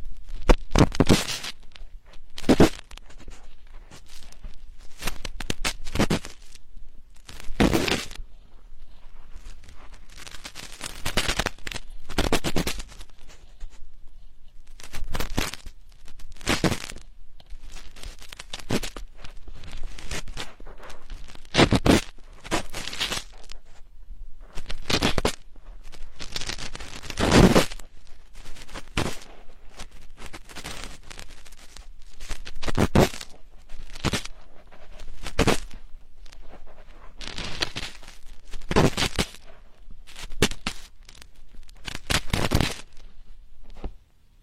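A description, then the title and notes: Slow ear digging: sharp, crackly scrapes and rustles arrive every second or two at an uneven pace, each a brief bright burst. Between them a faint, steady scratching texture continues, and nothing else is heard for the whole stretch. Slowly dig your ears.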